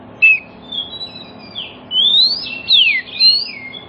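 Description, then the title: Oriental magpie-robin singing a few clear whistles, including a long rising slur and a sharp falling note, separated by short gaps. Kacer song played as a lure so that other magpie-robins start singing within about five minutes, meant for birds that have stopped singing. "Cukup Hitungan Menit Kacer Lain Bisa Bunyi. CUKUP 5 Menit Kacer LAIN NYAUT JADI GACOR, PANCINGAN KACER MACET BUNYI"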